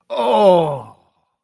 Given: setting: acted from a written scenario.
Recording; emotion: vocal sound without words; disgust